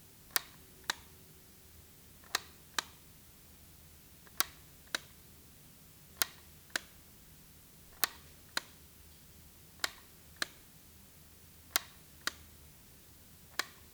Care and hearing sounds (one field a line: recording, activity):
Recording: daily activity, guitar pickup as the sensor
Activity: operate light